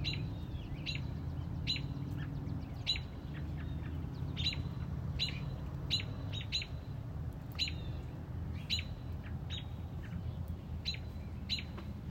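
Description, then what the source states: Robin giving sharp, clipped chip notes at irregular intervals of about a second, thin squeaky notes in between, over constant low rumble. Mother robin protecting a newly hatched chick on a front porch.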